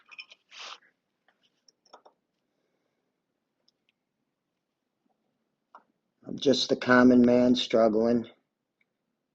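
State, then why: Not seated. An aftermarket metal foot peg is handled against its spring-loaded peg mount on a 2024 Kawasaki KLR motorcycle during a struggling install, with faint scattered taps and rattles early in the clip and someone talking near the end. The peg has not seated or clicked into the mount yet.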